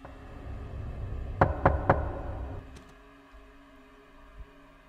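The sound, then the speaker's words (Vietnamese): Three sharp knocks on a door in quick, even succession, standing out over a low rumbling background hum, followed by a few faint taps. “thì lão lại giật mình, bởi vì tiếng gõ cửa lại vang lên.”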